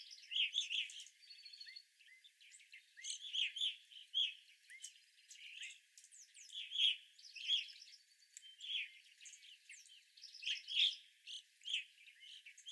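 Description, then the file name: Evening grosbeak flock chatter, dense overlapping chirps and twitters with louder notes recurring throughout. Several evening grosbeaks, recorded on 25 April 2021. "2021-04-25 Evening Grosbeaks"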